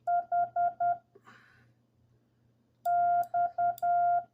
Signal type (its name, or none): Morse code